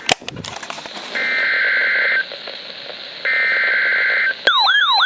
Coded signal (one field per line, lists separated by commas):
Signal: Emergency Alert System (SAME) tones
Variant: header bursts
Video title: Severe Thunderstorm Warning for Frederick, Washington, and Carroll County MD {EAS #1367}